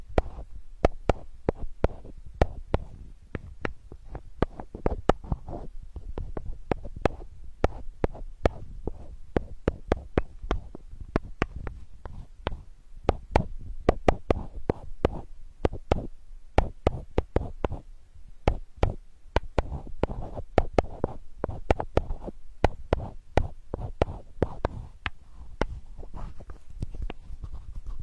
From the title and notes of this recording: Healing sandalwood tapping experience SPA.